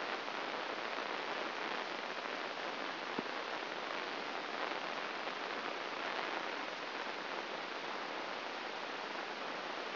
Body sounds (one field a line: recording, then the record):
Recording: brain microelectrode recording played as sound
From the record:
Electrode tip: inside the subthalamic nucleus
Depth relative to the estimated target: 3 mm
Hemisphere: right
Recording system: AlphaMap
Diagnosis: Parkinson's disease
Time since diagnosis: 12 years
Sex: male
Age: 57 years